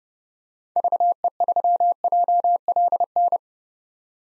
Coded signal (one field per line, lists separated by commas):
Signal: Morse code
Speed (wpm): 30 wpm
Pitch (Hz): 700 Hz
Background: none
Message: VE3JLN